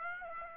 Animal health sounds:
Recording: mosquito wingbeat signal from an infrared sensor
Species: Aedes aegypti

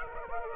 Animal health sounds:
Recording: mosquito wingbeat signal from an infrared sensor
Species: Aedes aegypti

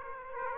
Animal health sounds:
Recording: mosquito wingbeat signal from an infrared sensor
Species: Aedes aegypti

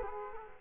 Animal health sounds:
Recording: mosquito wingbeat signal from an infrared sensor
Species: Culex quinquefasciatus

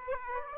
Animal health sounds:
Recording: mosquito wingbeat signal from an infrared sensor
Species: Aedes aegypti

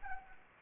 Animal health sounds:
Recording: mosquito wingbeat signal from an infrared sensor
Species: Anopheles arabiensis

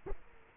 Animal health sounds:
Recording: mosquito wingbeat signal from an infrared sensor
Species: Culex quinquefasciatus

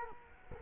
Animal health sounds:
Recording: mosquito wingbeat signal from an infrared sensor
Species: Culex quinquefasciatus

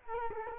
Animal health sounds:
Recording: mosquito wingbeat signal from an infrared sensor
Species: Culex quinquefasciatus

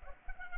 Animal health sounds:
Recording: mosquito wingbeat signal from an infrared sensor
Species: Culex pipiens

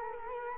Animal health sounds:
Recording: mosquito wingbeat signal from an infrared sensor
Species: Culex quinquefasciatus

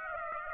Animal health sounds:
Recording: mosquito wingbeat signal from an infrared sensor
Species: Aedes aegypti

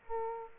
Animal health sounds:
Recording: mosquito wingbeat signal from an infrared sensor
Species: Aedes aegypti

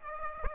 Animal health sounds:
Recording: mosquito wingbeat signal from an infrared sensor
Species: Aedes aegypti

